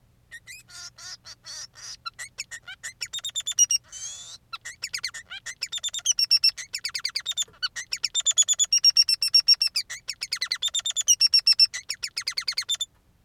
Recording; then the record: song of a male Bengalese finch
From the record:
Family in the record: son of father 3